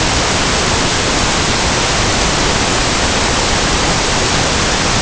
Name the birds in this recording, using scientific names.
none